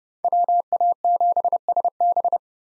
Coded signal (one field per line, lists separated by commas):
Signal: Morse code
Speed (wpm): 30 wpm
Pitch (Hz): 700 Hz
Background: none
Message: WA7SB